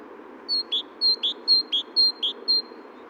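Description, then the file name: Great tit giving ringing two-note phrases, a high note dropping to a slightly lower one, repeated four times in a steady series and ending on a single high note. "Parus major"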